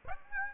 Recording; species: mosquito wingbeat signal from an infrared sensor; Aedes aegypti